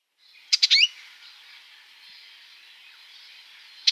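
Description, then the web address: Icterine warbler calls: a quick burst of three sharp clicking notes ending in a short upward slur, then a single sharp note near the end, over a faint steady hiss. "Schulze Peter Icterine Warbler calls"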